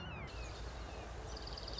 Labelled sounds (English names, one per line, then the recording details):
Red-shouldered Hawk
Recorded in Sonoma County, California